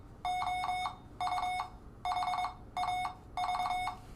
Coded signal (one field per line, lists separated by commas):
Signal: Morse code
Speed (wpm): 22 wpm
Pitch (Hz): 730 Hz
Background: none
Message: OU HAV